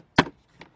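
Plastic snap clips on an under-dash panel of a 2008-2011 Ford Focus, lined up with the dash openings during an AC evaporator core replacement, are pushed into place. A sharp snap sounds at 0.2 s, followed by a fainter tap at 0.6 s. The clips seat at 0.2 s.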